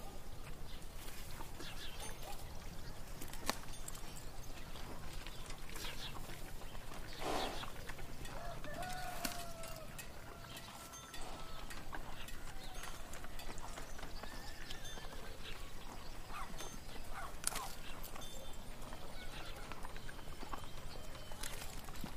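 Birds sing through a busy town scene, their chirps scattered over a steady bed of activity. Horse hooves clip-clop on and off with cart sounds, a few sharp knocks stand out near 3 and 7 seconds, and murmured voices and animal calls drift underneath.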